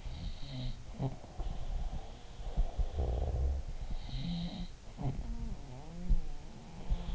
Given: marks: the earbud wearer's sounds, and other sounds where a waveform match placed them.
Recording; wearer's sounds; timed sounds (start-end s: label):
sounds in sleep by an in-ear microphone; breath
0.00-3.65 s: sound from someone else or the room
1.32-3.66 s: breath
3.78-7.15 s: sound from someone else or the room